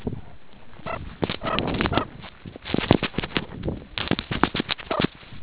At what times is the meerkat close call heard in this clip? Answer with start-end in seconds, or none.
0.84-0.99, 1.38-1.58, 1.88-2.04, 4.88-5.02